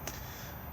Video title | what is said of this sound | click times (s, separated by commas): 47391 Auto-Sleeper 2021 Nuevo Ek MQ outside handover | This end here will then plug in where my finger is and lock into place and allow you to turn the gas on. | 0.1 s